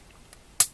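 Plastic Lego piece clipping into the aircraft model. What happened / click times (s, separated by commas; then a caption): The plastic piece snapped into place / 0.6 s. A plastic Lego piece is pushed onto a Lego Creator Stunt Pilot 31076 aircraft model. After a faint tick at 0.3 s, it snaps into place with one sharp, loud plastic click at 0.6 s that fades quickly. The piece is seated.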